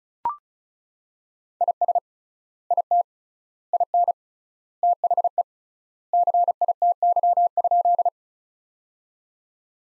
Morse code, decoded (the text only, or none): IS IT IN THE CITY?